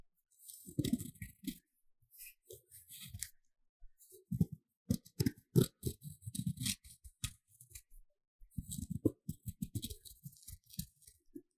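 A block of magnesium is scraped in short, rough strokes that come in bursts, with gritty, low rasps under a thin, bright hiss. Scraping clusters around one, four to seven, and nine to eleven seconds, separated by brief silent pauses.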